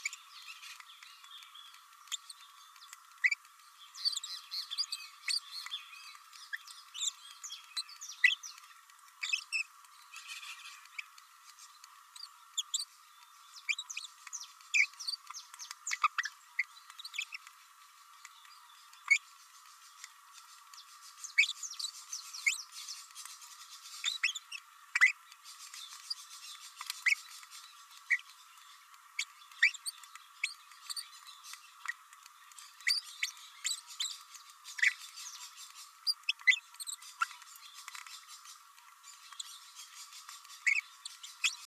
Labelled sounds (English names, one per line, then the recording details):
Green-rumped Parrotlet babbling
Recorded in a nest box in Venezuela
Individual 18B104A3